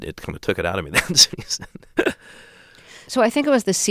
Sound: laughter

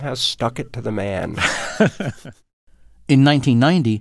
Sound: laughter

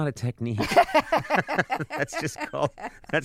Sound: laughter

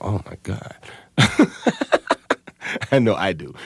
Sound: laughter

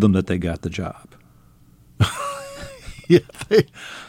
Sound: laughter

